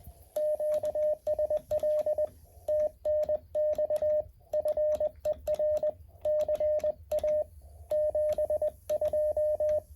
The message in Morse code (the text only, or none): QSL TNX FER CA 72